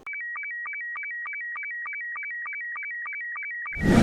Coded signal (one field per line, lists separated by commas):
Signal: SSTV (slow-scan television)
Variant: Robot 72